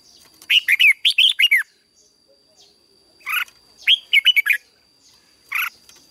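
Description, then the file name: Red-whiskered bulbul song of short, bouncy whistled notes in quick clusters, separated by brief pauses, with a steady faint high tone behind. "Tieng chao mao hot"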